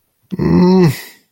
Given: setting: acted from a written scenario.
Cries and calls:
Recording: vocal sound without words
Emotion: disappointment

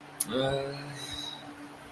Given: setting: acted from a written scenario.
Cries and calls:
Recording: vocal sound without words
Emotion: guilt

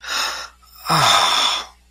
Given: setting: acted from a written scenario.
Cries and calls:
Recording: vocal sound without words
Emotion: relief

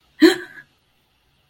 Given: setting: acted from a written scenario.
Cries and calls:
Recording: vocal sound without words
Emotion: fear

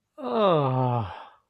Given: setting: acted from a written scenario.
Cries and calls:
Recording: vocal sound without words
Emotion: ecstasy

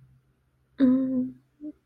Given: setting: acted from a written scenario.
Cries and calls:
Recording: vocal sound without words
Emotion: guilt

